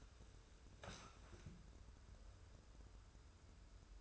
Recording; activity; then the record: daily activity, microphone in the room; sit down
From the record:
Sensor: 2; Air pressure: 994.3 hPa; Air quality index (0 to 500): 202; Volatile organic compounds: 1000 ppm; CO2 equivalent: 6653 ppm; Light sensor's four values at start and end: 89/205/88/91 and 114/273/115/120